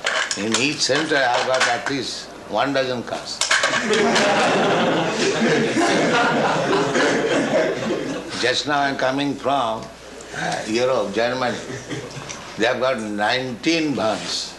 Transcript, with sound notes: In each center I have got at least one dozen cars. [laughter] Just now I am coming from Europe---Germany. They have got nineteen vans.